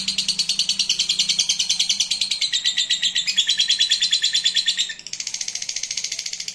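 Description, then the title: Lovebird song, a long rapid chattering trill of high buzzy notes that shifts pitch several times and drops in loudness near the end, with a faint low hum beneath. Used to stimulate a lazy lovebird that sings little into spontaneous, energetic singing. "LOVEBIRD Malas Bunyi JADI GREGET SPONTAN Langsung NARIK"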